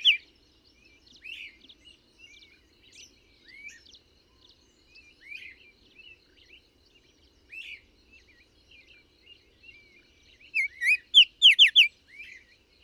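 Bird song of high, thin chirps and short slurred whistles scattered throughout, ending in a loud burst of rapid descending notes.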